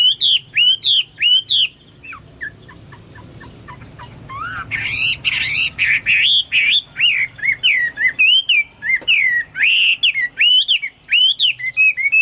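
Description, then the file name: Chinese hwamei song: repeated loud whistled notes that rise and fall, a short run of soft clicks, then a varied string of bright slurred phrases. "omkicau hwamei"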